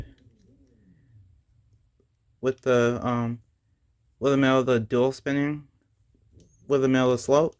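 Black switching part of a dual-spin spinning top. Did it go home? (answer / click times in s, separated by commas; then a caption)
no / none. The black switching part of a plastic dual-spin spinning top is lined up with the middle slope before it is twisted into place. Someone talks over a few faint handling sounds. Nothing has clicked or seated yet.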